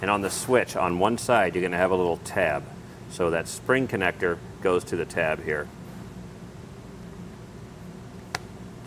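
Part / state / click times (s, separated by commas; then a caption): wiring harness connector onto battery disconnect switch tab / seated / 8.4 s. Someone talks while a wiring connector with a spring clip is pushed onto the tab of a Roadmaster automatic battery disconnect switch on a 2023 Chevrolet Silverado 1500. After the talk stops, a steady low hum continues, and a single sharp click at 8.4 s marks the connector seating on the switch tab, hooking up the switch.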